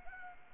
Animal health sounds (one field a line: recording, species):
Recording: mosquito wingbeat signal from an infrared sensor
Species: Anopheles arabiensis